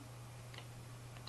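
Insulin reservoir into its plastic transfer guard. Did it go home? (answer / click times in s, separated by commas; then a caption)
yes / 1.3 s. A plastic insulin reservoir for a Medtronic VEO Silhouette infusion setup is pushed against its plastic transfer guard, given a quarter turn, then a further quarter turn. Faint ticks come at about 0.6 s and 1.2 s over a steady low hum, and a sharp click at 1.3 s marks the reservoir seating and locking in place.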